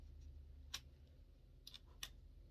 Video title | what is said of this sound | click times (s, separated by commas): RAM memory replacement process | let me see it again okay I'm gonna pull away from this side and this side there we go and that pops up so | 0.8 s, 2.0 s